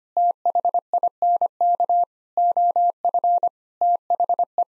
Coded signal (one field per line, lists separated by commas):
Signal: Morse code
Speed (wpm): 25 wpm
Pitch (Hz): 700 Hz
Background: none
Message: THINK OF THE